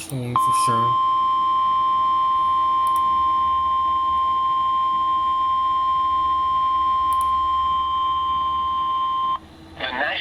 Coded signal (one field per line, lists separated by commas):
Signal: Emergency Alert System (SAME) tones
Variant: 1050 Hz attention tone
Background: speech